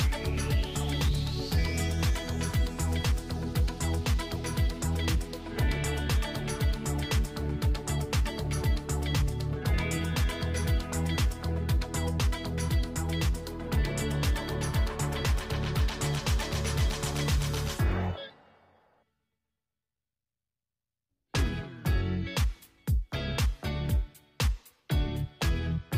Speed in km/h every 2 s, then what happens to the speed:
72, 72, 74, 76, 76, 79, 79, 81, 81, 82, 82, 82, 81.
0-26 speeds up to 81.